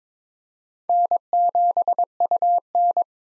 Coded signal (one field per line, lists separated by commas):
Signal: Morse code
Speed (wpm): 22 wpm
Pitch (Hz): 700 Hz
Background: none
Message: N7UN